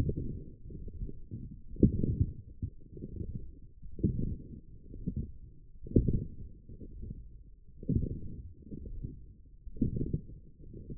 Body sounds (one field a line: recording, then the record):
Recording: forearm muscle sounds (acoustic myography)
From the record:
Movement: forearm pronation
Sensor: system 1, eight BSWA MPA416 microphones around the upper forearm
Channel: 2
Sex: female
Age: 20 years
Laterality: right